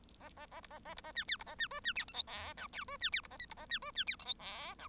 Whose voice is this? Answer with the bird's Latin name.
Lonchura striata domestica